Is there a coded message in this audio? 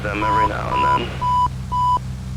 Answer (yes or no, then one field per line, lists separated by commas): no